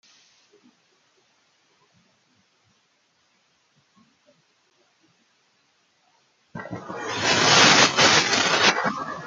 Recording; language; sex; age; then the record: short text; Brazilian Portuguese; female; 20 to 29 years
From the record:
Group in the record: control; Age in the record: 20 years